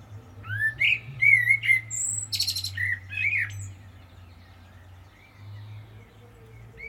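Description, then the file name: Common blackbird song: a mellow, fluted warble of whistled notes ending in a squeaky high twitter, then quiet, over a steady low hum. "Turdus merula"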